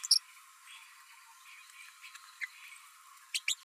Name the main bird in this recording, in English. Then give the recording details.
Green-rumped Parrotlet. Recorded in a nest box in Venezuela. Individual 18B12A1